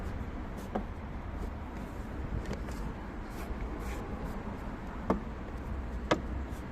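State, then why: Seated. The rear brake/tail lamp assembly of a Ford Tourneo Courier is pushed back into the car body, and its clips snap home with sharp clicks at 5.1 s and 6.1 s over a low, steady background rumble. The lamp unit ends up fully seated.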